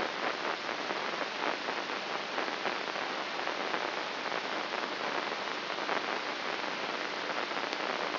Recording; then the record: brain microelectrode recording played as sound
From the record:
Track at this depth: inside the subthalamic nucleus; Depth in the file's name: 4.883 mm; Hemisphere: left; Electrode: 3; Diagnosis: Parkinson's disease